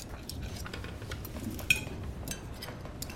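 Faint, scattered clinks of dishes and cutlery as a woman takes food from a plate, over a steady low rumble, with one sharper clink standing out near the middle; no one speaks.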